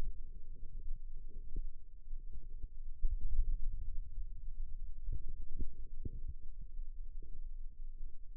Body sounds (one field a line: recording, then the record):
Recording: forearm muscle sounds (acoustic myography)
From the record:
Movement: ulnar deviation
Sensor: system 2, bracelet of six BSWA MPA416 microphones around the upper forearm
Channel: 6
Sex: female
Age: 22 years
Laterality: right